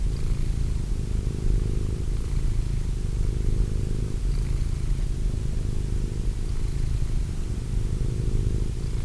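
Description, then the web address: Cat purring in a constant low drone, breath cycles gently shifting its loudness over the whole stretch. Cat named Wilson. "~pelikas CATSOUNDS Wilson Cat"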